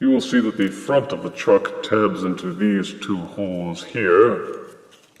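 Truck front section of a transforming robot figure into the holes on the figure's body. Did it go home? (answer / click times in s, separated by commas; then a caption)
no / none. Someone talks while handling the truck front section of a plastic Titans Return Deluxe Sergeant Kup/Flintlock transforming robot figure, lining up its tabs with two holes on the figure's body. The voice fades near the end, leaving a faint brief tick at 5.2 s. Nothing has seated or clicked into place yet.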